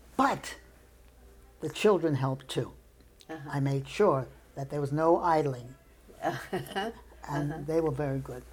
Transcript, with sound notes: But the children helped too.
Uh-huh.
I made sure that there was no idling.
[laughs] Uh-huh.
And they were very good.